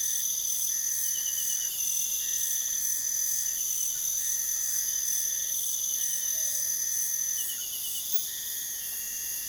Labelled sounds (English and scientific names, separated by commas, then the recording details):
none
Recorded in pastures near Puerto Asís, Putumayo, Colombia, on 4 March 2025 at 03:30
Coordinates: 0.497, -76.327
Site G072